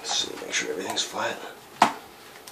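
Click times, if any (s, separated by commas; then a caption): 1.8 s. A laptop keyboard on a Dell Latitude C400 is pressed flat into the laptop's plastic chassis while someone talks. A sharp snap at 1.8 seconds marks the keyboard seating into place.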